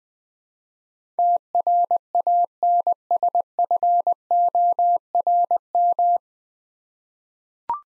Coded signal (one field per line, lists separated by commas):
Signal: Morse code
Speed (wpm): 20 wpm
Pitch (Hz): 700 Hz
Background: none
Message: TRANSFORM